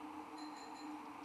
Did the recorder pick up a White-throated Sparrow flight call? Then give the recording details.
no. No flight call is heard. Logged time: 00:41 on 13 December 2014